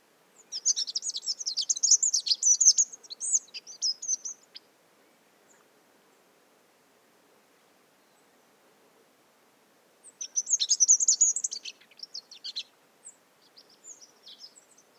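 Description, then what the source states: Rock Bunting song: two bursts of rapid, high, jingling twittering separated by several seconds of quiet, with a few scattered thin notes trailing after. Surprising pre-nuptial song; Montagne du Puy, Drôme, 1500 m, mixed conifer and oak forest, February 2020 morning; Nagra Seven and Telinga Pro7 stereo.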